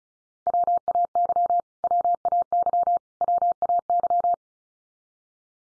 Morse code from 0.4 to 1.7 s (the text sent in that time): WAY